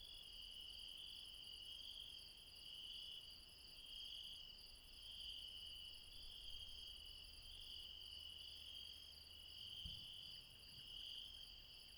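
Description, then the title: Insects trill continuously in several high bands, gently swelling and fading, with a single low knock near the end. Late night, mountains, Refuge Krevatia, Barbala, Dion, Greece. "Refuge Krevatia, Μπαρμπαλά, Dion 601 00, Greece - Late night mountain insects"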